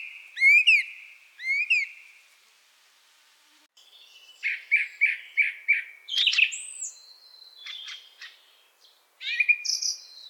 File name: Pevchii drozd